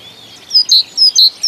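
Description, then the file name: Great tit giving two quick pairs of high-then-low whistled notes in a brisk, even see-saw pattern. "Bogatka"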